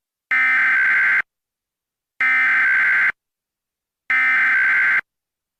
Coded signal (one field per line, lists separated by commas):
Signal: Emergency Alert System (SAME) tones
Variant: header bursts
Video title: “Yellowhammer’s Nightmare” EAS Scenario